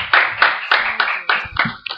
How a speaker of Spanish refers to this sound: Fuerte el aplauso, chicos. Lo hacemos por el aplauso.